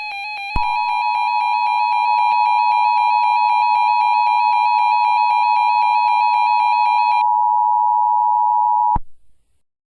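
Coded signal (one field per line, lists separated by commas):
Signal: Emergency Alert System (SAME) tones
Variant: 853 and 960 Hz attention tone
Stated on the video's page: Simulated EAS scenario, a remastered recreation.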